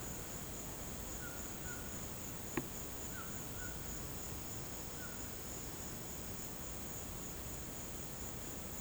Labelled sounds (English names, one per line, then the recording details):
none
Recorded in pastures near Puerto Asís, Putumayo, Colombia, on 12 March 2025 at 16:30
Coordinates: 0.472, -76.329
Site G074